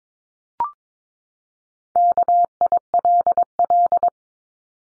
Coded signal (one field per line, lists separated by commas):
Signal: Morse code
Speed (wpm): 22 wpm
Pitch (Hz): 700 Hz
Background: none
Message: KILL